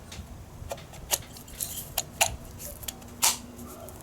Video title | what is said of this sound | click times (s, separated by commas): DIY Ebike S01E05: Home made power tool silicone mold for Kobalt 24V electric bike battery | there we go it's locked in nice and nice and tight | 2.2 s